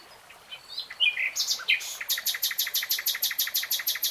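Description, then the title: Nightingale song: a few whistled and slurred notes, then a long, rapid run of repeated loud notes. Nightingale singing in real time. "[Tiếng chim hót] 3 Hours REALTIME Nightingale Singing"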